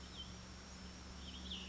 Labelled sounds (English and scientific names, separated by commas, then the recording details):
Cassin's Vireo (Vireo cassinii)
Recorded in Sonoma County, California